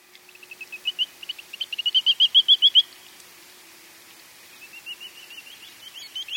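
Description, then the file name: Grey-tailed tattler calling in a run of whistled notes that grow louder, then a second, softer series of whistles after a short pause. "kiashishigi"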